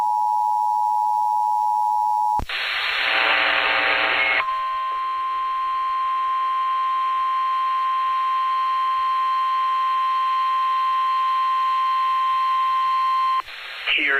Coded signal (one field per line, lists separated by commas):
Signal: Emergency Alert System (SAME) tones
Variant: 853 and 960 Hz attention tone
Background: speech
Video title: EAS- Severe Thunderstorm Warning (SVR) On KFBK-AM (Calaveras, SJ, Stanislaus, Tuolumne Counties)